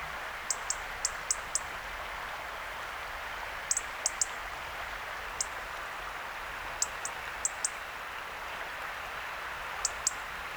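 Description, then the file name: European robin uttering quick high ticks, mostly in short runs of several notes, with an occasional single note, against a steady hissing background. "Erithacus rubecula"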